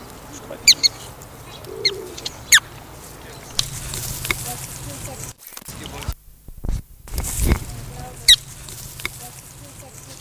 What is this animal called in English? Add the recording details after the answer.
Black-tailed Prairie Dog. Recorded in captivity. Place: Tierpark Berlin, Berlin, DE. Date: 1999-07-31 15:34. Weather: fair, 26°C. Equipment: Sony WM-D6C, Sennheiser ME 80, Kopie Uher 4000 Report Monitor. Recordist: Tembrock, Günter. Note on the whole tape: Fütterung vor Publikum: agonistisches Verhalten mit diversen Lautformen